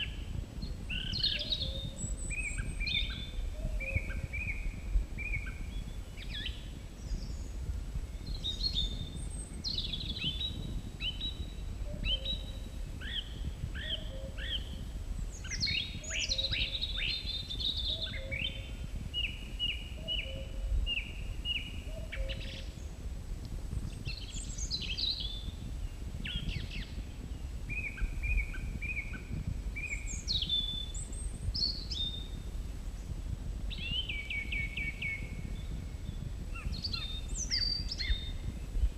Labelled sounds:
Song Thrush (Turdus philomelos) song

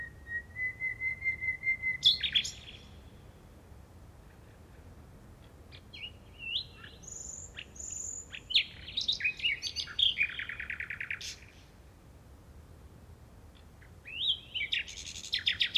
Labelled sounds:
Common Nightingale (Luscinia megarhynchos) song

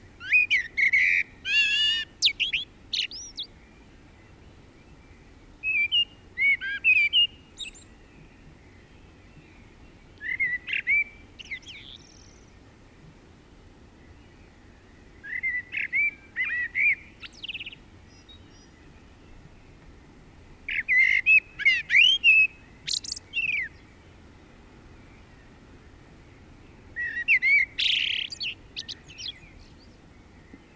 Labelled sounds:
Common Blackbird (Turdus merula) song

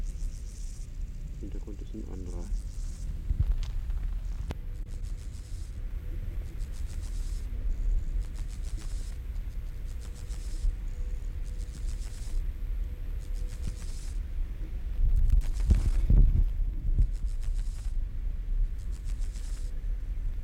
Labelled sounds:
Steppe Grasshopper (Chorthippus dorsatus) stridulation

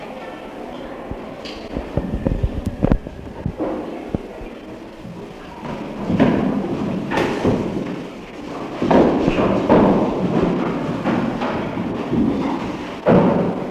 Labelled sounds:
Chimpanzee (Pan troglodytes)

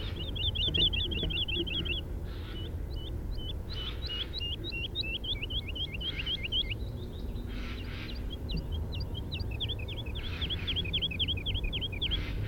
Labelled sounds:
Wood Lark (Lullula arborea) song

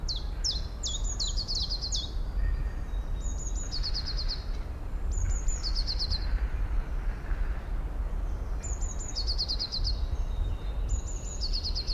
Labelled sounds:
Common Chiffchaff (Phylloscopus collybita)

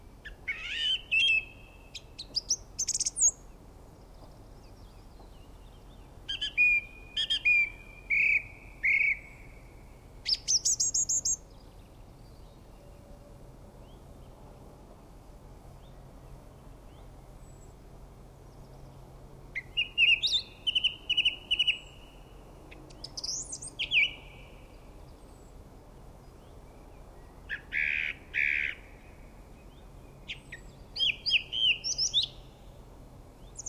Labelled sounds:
Song Thrush (Turdus philomelos) song

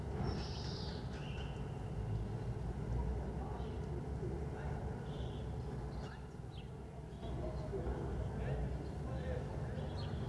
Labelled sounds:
Corsac Fox (Vulpes corsac) barking

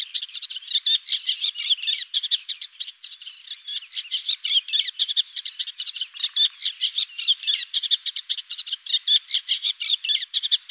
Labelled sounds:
Eastern Olivaceous Warbler (Iduna pallida) song

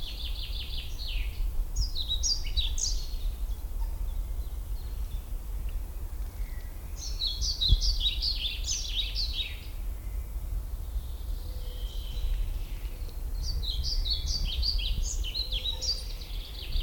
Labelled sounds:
European Pied Flycatcher (Ficedula hypoleuca) song

